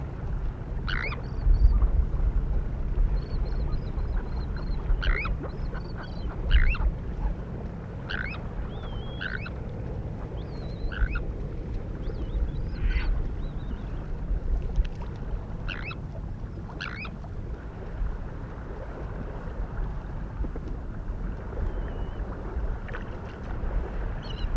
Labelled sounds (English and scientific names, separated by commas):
Sandwich Tern (Thalasseus sandvicensis) call